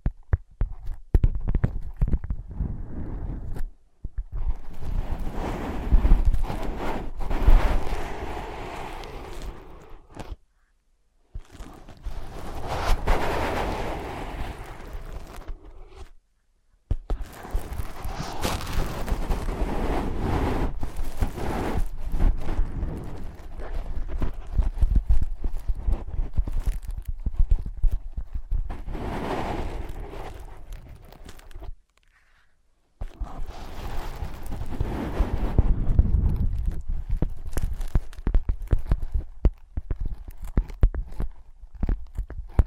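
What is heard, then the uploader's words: Tapping and scratching on soft ear pads, with dense runs of muffled thumps and quick padded taps mixed with brighter scratchy sweeps. The sounds come in bursts several seconds long, broken by brief silent gaps near 4, 11, 16 and 32 seconds. ASMR Using Ear Pads as Your Ears Tapping, Scratching, Tracing (No Talking).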